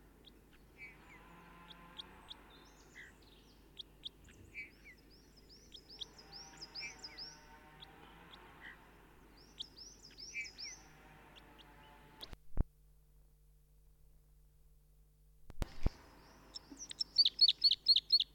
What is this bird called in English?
Red Crossbill